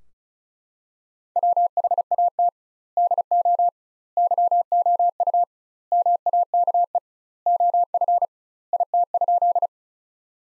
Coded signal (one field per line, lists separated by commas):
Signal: Morse code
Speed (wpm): 35 wpm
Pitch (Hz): 700 Hz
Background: none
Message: WHAT DO YOU MAKE OF IT?